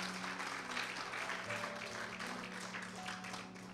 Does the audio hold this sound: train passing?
no